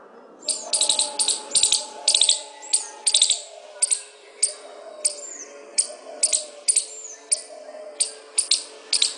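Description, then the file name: Squirrel giving a steady run of rattling click bursts roughly every half second, with a few thin downslurred whistles between them and a soft low hum beneath. "suara-bajing -omkicau"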